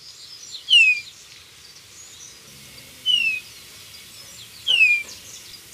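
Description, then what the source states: Golden-rumped euphonia giving three thin, downward-sweeping whistles about two seconds apart, with other birds chattering softly behind. Recorded in Ecuador.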